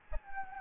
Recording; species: mosquito wingbeat signal from an infrared sensor; Anopheles gambiae